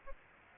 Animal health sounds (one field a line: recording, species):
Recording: mosquito wingbeat signal from an infrared sensor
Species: Aedes aegypti